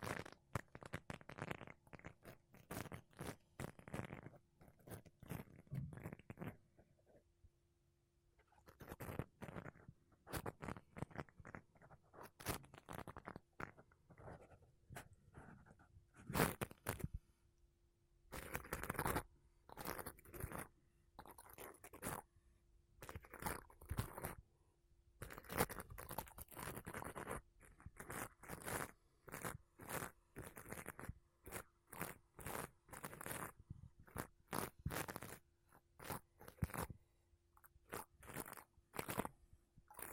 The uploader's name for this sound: Mic Brushing Using Makeup Brushes and Sponge